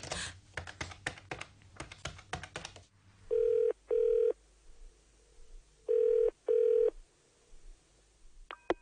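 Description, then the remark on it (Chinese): A phone number is punched in with a quick run of sharp button clicks, followed by two pairs of steady, mid-pitched ringing tones on the line. No one speaks. “我要打电话给祖心问清楚。”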